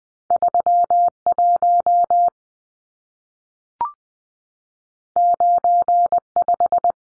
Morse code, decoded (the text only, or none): 31 95